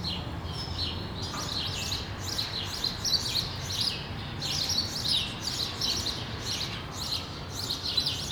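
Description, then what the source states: Sparrows giving repeated chirps, several birds overlapping in a lively chatter throughout, over a low background hum. Sparrows recorded on Rue de l'épargne, Brussels, Belgium, on World Sparrow Day; Lom mikroUši AB microphones into a Deity PR-2 recorder.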